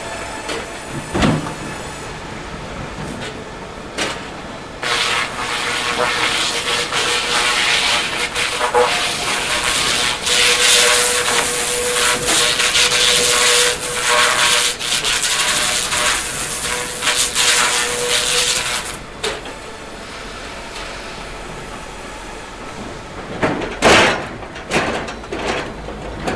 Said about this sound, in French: Puis on rallume tout, on prépare, et petit à petit. Alors on allume l'air, l'aspiration, le groupe pour l'air. Voilà. Puis ça commence à faire du bruit.